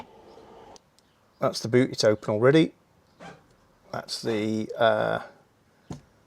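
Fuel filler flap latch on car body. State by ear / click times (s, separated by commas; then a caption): released / 5.9 s. Someone talks as the petrol filler flap release on a car is operated, and the fuel filler flap latch on the car body pops open with a short sharp click at 5.9 s. The flap is released and open.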